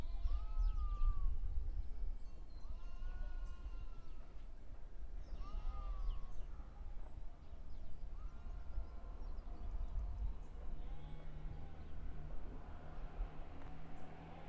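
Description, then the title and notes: Sheep bleating: drawn-out, smoothly arching cries about a second each, repeated every two seconds or so, fading toward the end over a steady low rumble. Field recording on a farm, Quinta da Costa, in the municipality of Oliveira do Hospital, Portugal. "ovelhas na quinta da costa. gravaçao de campo no concelho de oliveira do hospital. field recordings in portugal"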